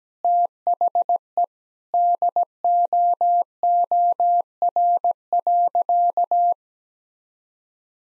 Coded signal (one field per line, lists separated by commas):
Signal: Morse code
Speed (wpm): 17 wpm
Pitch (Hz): 700 Hz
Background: none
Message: THE DOOR.